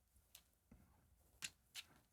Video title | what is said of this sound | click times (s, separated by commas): Build IR LEDs for Any IR Light Gun | That one side snapped in and the other side snapped in. | 0.4 s, 1.5 s